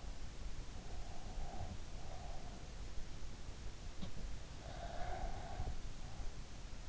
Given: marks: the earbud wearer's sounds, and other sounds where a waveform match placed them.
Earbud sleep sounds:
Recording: sounds in sleep by an in-ear microphone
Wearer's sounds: breath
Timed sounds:
0.69-2.90 s: breath
4.53-6.45 s: breath

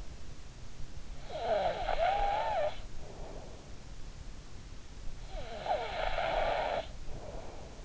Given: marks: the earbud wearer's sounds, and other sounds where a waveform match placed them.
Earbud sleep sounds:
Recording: sounds in sleep by an in-ear microphone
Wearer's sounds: snoring breath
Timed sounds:
0.97-3.60 s: snoring breath
5.20-7.85 s: snoring breath

